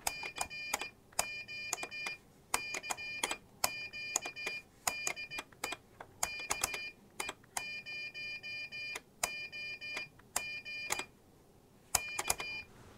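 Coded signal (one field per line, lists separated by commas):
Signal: Morse code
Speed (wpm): 17 wpm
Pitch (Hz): 2400 Hz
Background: none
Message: CQ CQ DE KE0OG K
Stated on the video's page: Code practice sent with an inexpensive iambic keyer and paddle.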